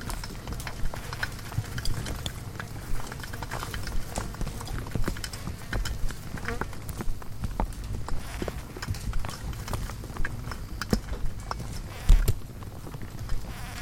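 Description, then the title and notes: Insects make a dense, restless patter of sharp ticks and taps, with one louder knock near the end and a low hum throughout. Hundreds of insects frantically congregating at night around a lone porch bulb, wildlife ranch in Mmabolela savannah, South Africa, November 2016; mix of six mics including miniature omnis; Zoom F8 recorder. "One Lightbulb. Hundreds of bugs are frantically congregating around the sole light source present at night, a bulb hanging on the porch of a wildlife ranch in South Africa."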